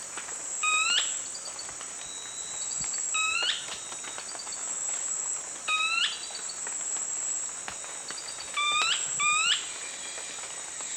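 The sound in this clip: Brownish twistwing calls: sharp rising notes spaced a few seconds apart, ending with a quick pair, with soft high chips and a steady insect whine throughout.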